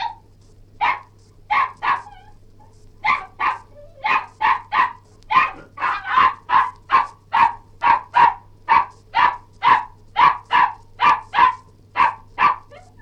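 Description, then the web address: Cairn terrier barking, a long run of many sharp, high barks at about two per second, with a brief pause early on. Barking and yelping. "BBC Cairn T"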